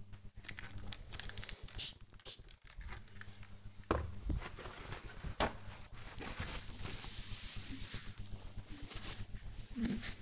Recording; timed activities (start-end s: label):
household activities, microphone on the right wrist
0.00-10.22 s: window cleaning